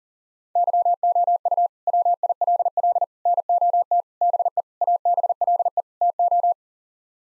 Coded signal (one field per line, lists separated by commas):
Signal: Morse code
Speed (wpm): 40 wpm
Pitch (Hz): 700 Hz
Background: none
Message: YOU WILL NOT BE ABLE TO